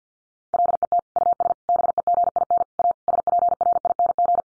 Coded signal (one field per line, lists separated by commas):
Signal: Morse code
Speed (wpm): 50 wpm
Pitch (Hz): 700 Hz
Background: none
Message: LET US BEGIN A SPRING